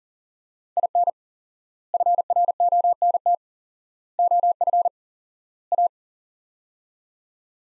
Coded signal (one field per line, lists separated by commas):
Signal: Morse code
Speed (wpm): 40 wpm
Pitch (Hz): 700 Hz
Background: none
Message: IN FRONT OF A